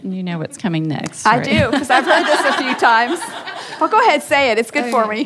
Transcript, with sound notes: And you know what’s coming next... (laughter)
I do, because I’ve heard this a few times! But go ahead, say it; it’s good for me.